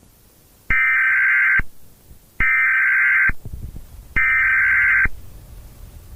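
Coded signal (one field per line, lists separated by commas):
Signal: Emergency Alert System (SAME) tones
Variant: header bursts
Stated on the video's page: Fictional EAS horror scenario made for entertainment, not a real alert.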